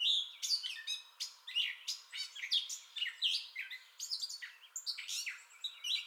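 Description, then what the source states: Gray catbird song, a brisk string of chattering trills, squeaks and slurred whistles following one another without pause. Entire song bout recorded 2021-05-30.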